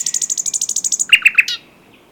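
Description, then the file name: Common nightingale song: a rapid run of many high chipping notes, then three loud, lower emphatic notes and a short buzzy ending. "Luscinia megarhynchos"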